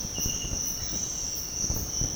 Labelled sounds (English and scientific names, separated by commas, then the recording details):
none
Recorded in pastures near Puerto Asís, Putumayo, Colombia, on 22 June 2025 at 06:00
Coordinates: 0.496, -76.326
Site GP01